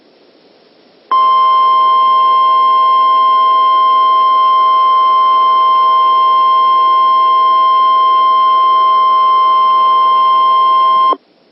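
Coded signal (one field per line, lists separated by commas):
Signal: Emergency Alert System (SAME) tones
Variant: 1050 Hz attention tone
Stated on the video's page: Scenario compiled from real recordings of Texas fire warning EAS messages.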